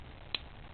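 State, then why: Seated. The steel hammer of a small North America Arms revolver is pulled back until it catches in the half-cock notch, so the cylinder can be safely removed. A single sharp, brief click sounds at 0.3 s over a low, steady background hiss. The hammer seats in the half-cock position and the trigger jumps forward.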